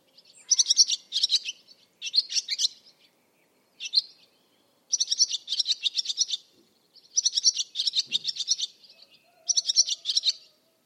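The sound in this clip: Barn swallow giving repeated bursts of fast, high twittering chirps, about five runs over eleven seconds, with one isolated short note in between.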